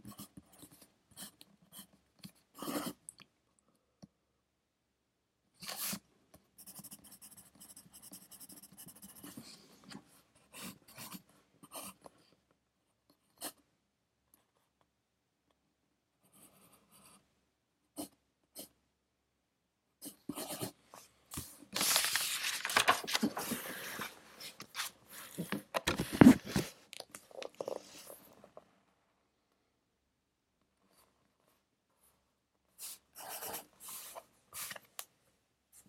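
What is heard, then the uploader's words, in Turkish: Pencil scratching on paper while studying comes in short scattered bursts with quiet gaps, growing denser and louder around 21 to 28 seconds. Sessiz odada 60 dakika boyunca kurşun kalem ile ders çalışma; ortam sesleri, beyaz gürültü alt yapısı. Ev, kütüphane çalışmaları ortam sesi.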